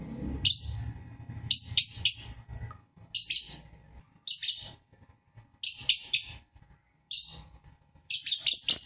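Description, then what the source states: Lovebird giving shrill, clipped chirps in quick clusters, pausing briefly between bursts, with a soft low rumble early on. Chirping song of a lovebird described as a champion singer.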